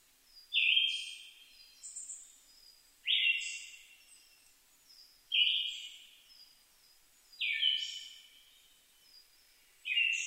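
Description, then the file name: Siberian thrush song, a loud whistled note with a thin sizzling tail, repeated steadily about every two and a half seconds, five phrases, with faint high twitters of other birds behind. Recorded 2 July 2011 at 05:51. "mamijiro-20110702-0551"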